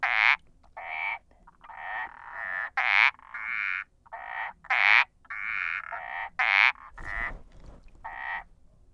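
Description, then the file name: Indian balloon frog calling in a steady series of harsh, nasal croaks, some brighter than others, with a brief noise burst near the end. "Uperodon palmatus"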